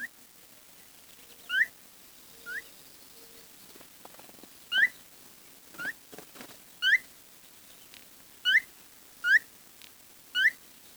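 Bird giving bright rising whistled chirps, several in a row, with a few faint clicks and soft lower tones between them.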